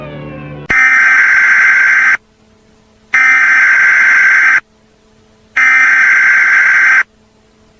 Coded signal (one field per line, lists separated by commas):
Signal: Emergency Alert System (SAME) tones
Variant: header bursts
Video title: Entity EAS scenario (fake analog horror )